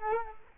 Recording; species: mosquito wingbeat signal from an infrared sensor; Culex quinquefasciatus